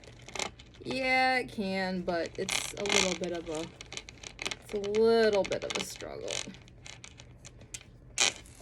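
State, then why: Seated. Someone talks while pushing the magnetic/snap clasp on the flap of a small Fendi Mini Baguette handbag closed onto the bag body, after struggling to fit items inside. Soft handling and rustling sounds lead up to a sharp snap at 7.8 s as the clasp shuts and seats.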